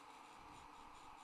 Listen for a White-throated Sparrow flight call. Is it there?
no